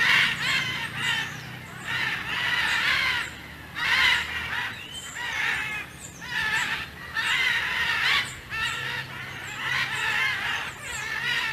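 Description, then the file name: Military macaw squawks, harsh and raspy, coming almost continuously throughout. "canto del guacamayo militar"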